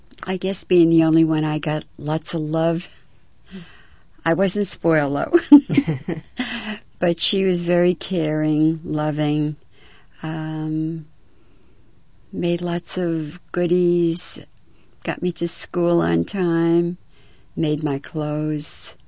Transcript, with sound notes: I guess being the only one, I got lots of love. I wasn't spoiled, though. (laughs) But she was very caring, loving, made lots of goodies, got me to school on time, made my clothes.